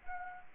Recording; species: mosquito wingbeat signal from an infrared sensor; Anopheles arabiensis